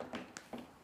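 A new plastic aftermarket Noble Sports grille for a 2022 Subaru WRX is pushed into the car's front bumper on the original clips. A few soft knocks and handling sounds surround one short, sharp snap at 0.4 s, when a clip seats into place.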